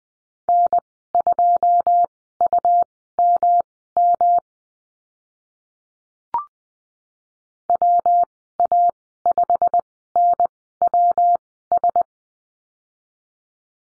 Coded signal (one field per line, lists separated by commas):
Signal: Morse code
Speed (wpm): 20 wpm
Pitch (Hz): 700 Hz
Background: none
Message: N2UMM WA5NWS